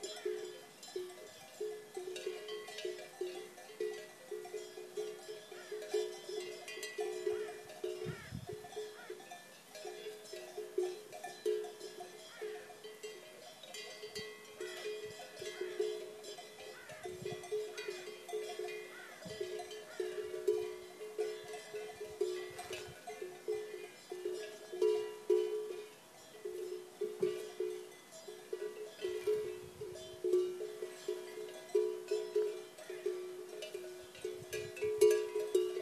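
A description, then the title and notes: Cowbells clank steadily and densely around 400–500 in a bright metallic ring, with occasional animal bleats and scattered soft thumps beneath. Cowbells in the Picos de Europa National Park, Spain. Autumn soundscape in the valleys of the Picos. Field recording in the hamlet of Barago, Northern Spain. Traditional pastoral scene in the rural heart of the Cantabrian Mountains.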